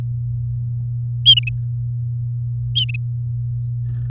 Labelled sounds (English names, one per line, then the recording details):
Domestic Canary song
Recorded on 3 May 2018 at 16:44
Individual llb16